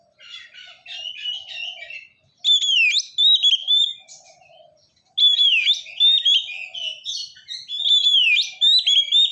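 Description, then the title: Oriental magpie-robin: softer scratchy warbling gives way to two loud bursts of varied whistled notes with sharp sweeps. "kacer"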